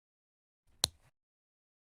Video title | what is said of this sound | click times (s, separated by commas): How to install Lokklatch DELUXE Series 3 | click the push button firmly into the housing listening for the engagement clicks | 0.8 s